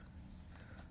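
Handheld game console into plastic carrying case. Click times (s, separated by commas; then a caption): 0.6 s. A handheld game console, a Vita, is set into the back half of a plastic carrying case, which has extra space for the touch pad. It sits in and locks into place with a faint click at 0.6 s, showing it is seated.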